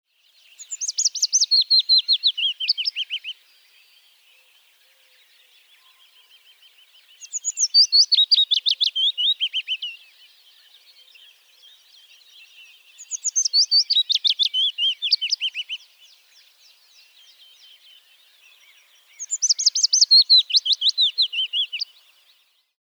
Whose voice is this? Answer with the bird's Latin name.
Phylloscopus trochilus